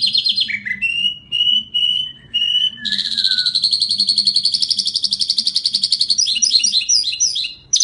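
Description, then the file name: Bimaculated lark delivering clipped repeated notes, then a long fast buzzing trill and warbled twitters at the end, over a faint background hum. "drunk sound bimaculated lark"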